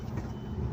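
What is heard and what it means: A truck's fifth wheel coupling is being brought onto a trailer kingpin, with a steady low engine rumble concentrated in the low frequencies and no sharp transients. Nothing has seated or clicked yet; the coupling has not locked by the end of the 0.8-second clip.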